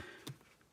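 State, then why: Seated. A plastic locking back is pushed onto the shank of an 8 mm safety eye through a crocheted cotton amigurumi piece. A sharp click sounds at 0.3 s, with a softer second click at 0.6 s. The back seats and locks the eye in place.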